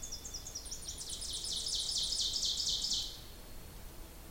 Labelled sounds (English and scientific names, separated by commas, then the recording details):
Ovenbird (Seiurus aurocapilla) song
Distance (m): 40 m
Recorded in boreal forest in Alberta, Canada, on 26 May 2016 at 07:01
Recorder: SongMeter 3, array SBT-3-15
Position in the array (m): 41 m, 279 m
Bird 20